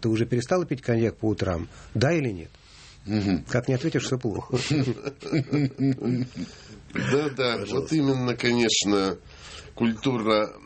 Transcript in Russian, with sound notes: ты уже перестала пить коньяк по утрам, да или нет?» Как ни ответишь, все плохо. (все смеются)
Да-да. Вот именно, конечно, культура